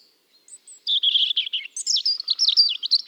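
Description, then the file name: European robin song: a few faint high notes leading into a dense, rapid cascade of sweet warbles and twitters that climbs and dips without pause. "Erithacus rubecula"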